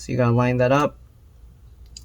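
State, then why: Seated. Someone talks briefly, then the LCD LVDS/backlight display cable connector of a 15-inch Retina MacBook Pro A1398 (2012), which had been loose, is lined up and pressed into its socket on the logic board during a black-screen, no-backlight repair. A faint tick at 1.9 s is followed by a sharp, short click at 2.0 s as the connector seats firmly in place.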